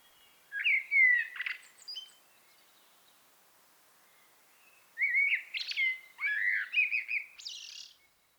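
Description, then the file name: Common blackbird: a short warbled phrase, a pause of about three seconds, then a longer mellow phrase ending in sharp high squeaks. "Turdus merula"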